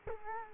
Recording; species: mosquito wingbeat signal from an infrared sensor; Culex quinquefasciatus